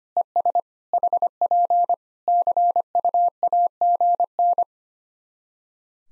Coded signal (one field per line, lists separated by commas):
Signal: Morse code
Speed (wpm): 25 wpm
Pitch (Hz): 700 Hz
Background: none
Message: ES HP CUAGN